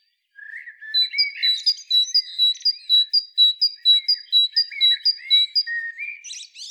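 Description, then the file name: Great tit giving a long steady series of high, clipped two-part notes, about two per second, over softer lower chattering calls. "Parus major"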